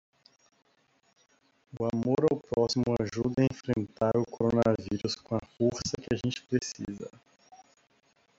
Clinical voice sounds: spoken sentence; Brazilian Portuguese; male; 20 to 29 years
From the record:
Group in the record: control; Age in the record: 22 years

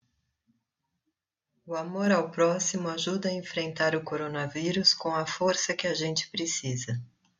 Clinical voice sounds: spoken sentence; Brazilian Portuguese; female; 50 to 59 years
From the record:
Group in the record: control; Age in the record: 50 years

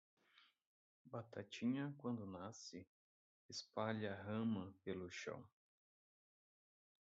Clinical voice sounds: short text; Brazilian Portuguese; male; 30 to 39 years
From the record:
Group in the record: control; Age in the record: 32 years

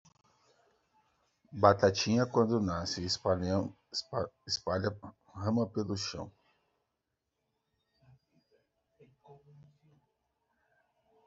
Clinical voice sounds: short text; Brazilian Portuguese; male; 40 to 49 years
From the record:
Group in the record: control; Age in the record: 43 years

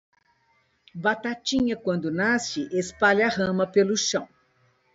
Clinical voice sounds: short text; Brazilian Portuguese; female; 40 to 49 years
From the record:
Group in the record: control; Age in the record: 44 years

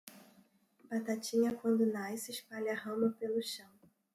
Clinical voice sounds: short text; Brazilian Portuguese; female; 20 to 29 years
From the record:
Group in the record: control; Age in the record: 28 years

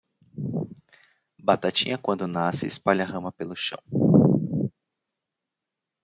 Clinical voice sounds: short text; Brazilian Portuguese; male; 20 to 29 years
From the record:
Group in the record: control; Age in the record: 27 years

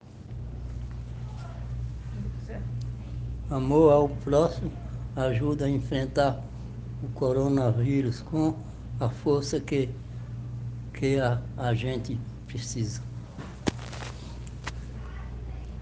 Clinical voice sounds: spoken sentence; Brazilian Portuguese; male; 70 to 79 years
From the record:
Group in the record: respiratory insufficiency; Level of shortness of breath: 5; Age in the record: 78 years

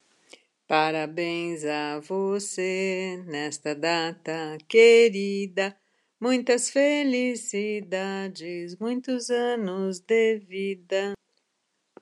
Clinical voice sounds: short text; Brazilian Portuguese; female; 60 to 69 years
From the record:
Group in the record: control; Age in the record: 64 years

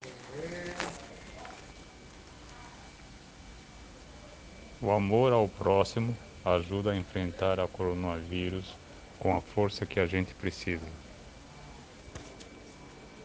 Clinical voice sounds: spoken sentence; Brazilian Portuguese; male; 60 to 69 years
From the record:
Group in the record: respiratory insufficiency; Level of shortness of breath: 5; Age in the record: 64 years

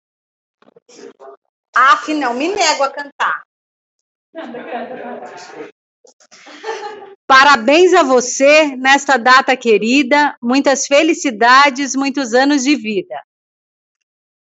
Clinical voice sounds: short text; Brazilian Portuguese; female; 40 to 49 years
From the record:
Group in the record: control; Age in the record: 42 years

